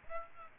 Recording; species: mosquito wingbeat signal from an infrared sensor; Aedes aegypti